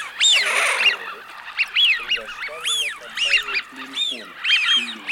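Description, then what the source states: Eurasian wigeon whistles, sharp rising-and-falling notes repeated in quick succession, with low grating calls beneath them. Russia.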